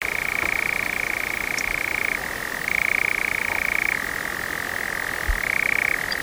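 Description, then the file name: European nightjar churring: a continuous, dry mechanical trill that shifts back and forth between two slightly different pitches every second or two, with no pauses. Santakangas, Ruovesi, Finland. "Kehraaja Santakangas Ruovesi"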